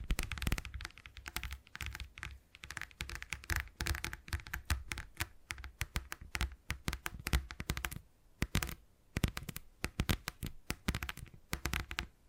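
Tingly tapping sounds, a fast run of crisp, clicky taps much like typing on a keyboard. The taps come densely and unevenly, with sharp bright attacks and a low thump beneath, pausing briefly around eight seconds before resuming at the same busy pace.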